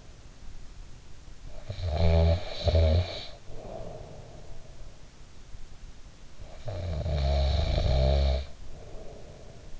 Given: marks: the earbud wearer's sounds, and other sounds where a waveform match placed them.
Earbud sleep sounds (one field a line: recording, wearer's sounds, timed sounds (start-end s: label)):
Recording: sounds in sleep by an in-ear microphone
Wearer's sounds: snoring breath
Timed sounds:
1.48-4.96 s: snoring breath
6.32-9.80 s: snoring breath